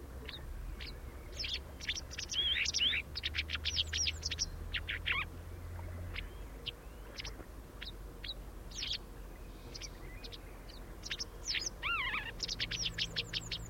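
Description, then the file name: White wagtail, rapid high chips in loose clusters, briefly quieter midway, then a few downslurred notes; a low hum underlies the first half. "Ballerina Bianca"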